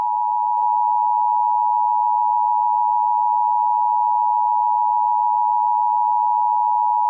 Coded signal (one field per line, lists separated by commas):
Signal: Emergency Alert System (SAME) tones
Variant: 853 and 960 Hz attention tone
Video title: EAS Scenario: Erling Haaland